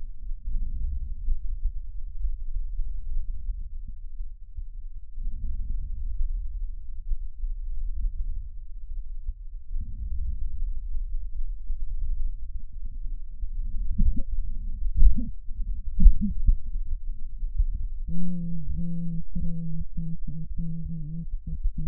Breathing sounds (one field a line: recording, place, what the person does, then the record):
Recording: lung sounds by stethoscope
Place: right anterior apical chest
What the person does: quiet breathing, then cough and speech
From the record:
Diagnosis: interstitial lung disease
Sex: female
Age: 72 years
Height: 158 cm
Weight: 69 kg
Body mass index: 27.6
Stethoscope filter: bell mode